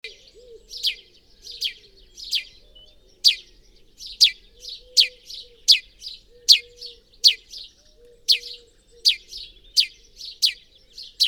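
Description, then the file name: House sparrow calling with a run of sharp chirps, around eighty per minute. "Passer domesticus"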